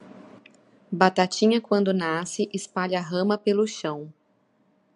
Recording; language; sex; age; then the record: short text; Brazilian Portuguese; female; 30 to 39 years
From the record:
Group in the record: control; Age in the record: 37 years